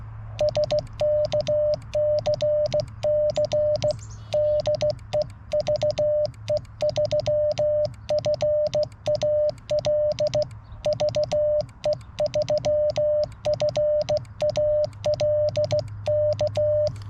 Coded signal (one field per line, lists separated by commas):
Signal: Morse code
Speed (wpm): 15 wpm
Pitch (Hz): 600 Hz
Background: none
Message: SKCC DE VE3FAL VE3FAL K